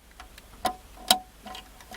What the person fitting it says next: and it pops right in like that